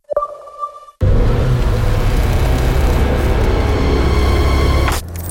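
A brief ringing ping opens, then a loud, steady roar of a car driving at speed until a sharp, snapping crack of a stone chip hitting the windshield near the end.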